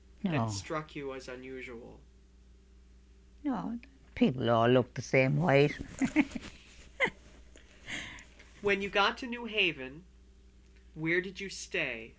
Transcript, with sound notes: that struck you as unusual?
No. People all look the same way. ( she laughs )
When you got to New Haven, where did you stay?